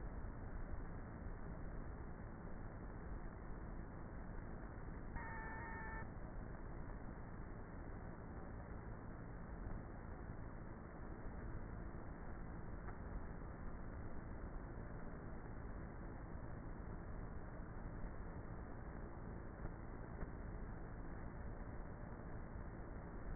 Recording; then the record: honeybee colony, microphone inside the hive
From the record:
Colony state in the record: queenless with a low population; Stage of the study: before two queens were removed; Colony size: about 30,000 bees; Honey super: no